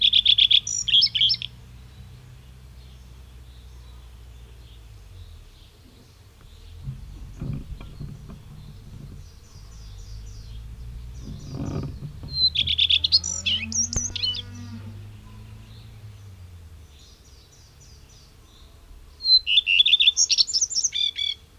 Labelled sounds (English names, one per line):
Common Redstart song